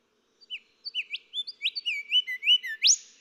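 Golden whistler song: a run of clear whistled notes, some rising, building to a loud sweeping whip-like final note.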